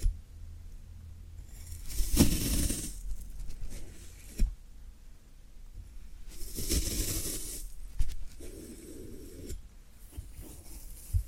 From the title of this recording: Floral Foam Sounds